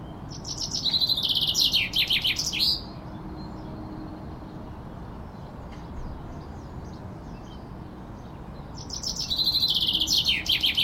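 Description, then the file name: Common chaffinch song heard twice, each a fast descending run of bright trilled notes, with quiet background between. "Fringilla coelebs"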